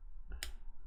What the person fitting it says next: you heard that snap. Wow.